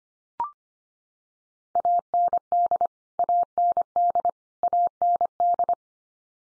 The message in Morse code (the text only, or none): AND AND AND